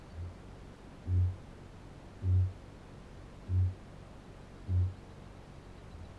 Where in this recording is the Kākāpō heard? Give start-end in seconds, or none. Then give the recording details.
0.72-5.22. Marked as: faintness 2/5. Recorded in New Zealand. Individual Barnard